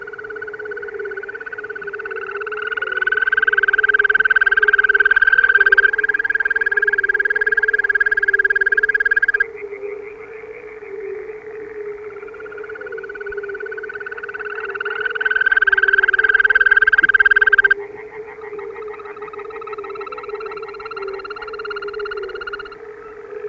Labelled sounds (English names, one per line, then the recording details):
Green Toad call
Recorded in the wild
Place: Darscho-Lacke, AT
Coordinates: 47.7736, 16.8428
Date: 1972-05-07
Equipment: Uher Report 4200, AKG D190C in Doppel-Parabolreflektor
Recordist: Krey, Winfried